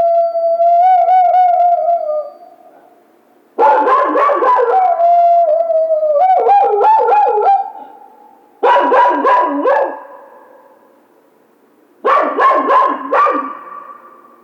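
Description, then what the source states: Coyote howl opens with a long wavering note, then rapid bursts of quavering yips and barks repeat in several clustered volleys. Recorded 16 March 2010.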